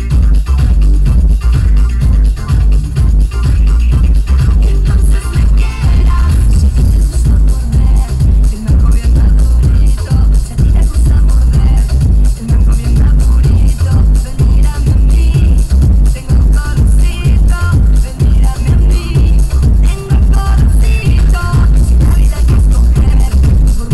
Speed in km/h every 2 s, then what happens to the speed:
0, 15, 26, 31, 35, 42, 47, 48, 48, 50, 58, 66.
0-12 pulls away to 47. 12-18 steady at about 48. 18-24 speeds up to 66.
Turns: none.